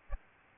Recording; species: mosquito wingbeat signal from an infrared sensor; Aedes aegypti